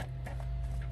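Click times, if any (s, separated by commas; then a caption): none. A plastic screen lens is being handled into the front shell of an Atari Lynx model 2 handheld game console during a McWill LCD kit installation, after its side notches are hooked in on one side and then the other. Brief handling sounds occur at about 0.4 s and 0.8 s over a steady low hum. Nothing has seated or clicked yet.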